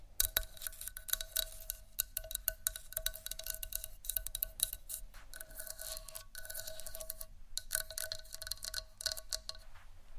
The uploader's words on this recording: ASMR Scratch & Tap For Your Nap（No Talking）.